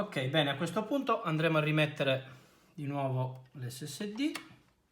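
Someone talks while a 2.5-inch SSD is handled for refitting into a Lenovo G50-45 80E3 laptop, about to be pushed sideways to the right into the laptop's SATA connector. The speech pauses briefly near the middle, and by the end the SSD has not yet seated or clicked into place.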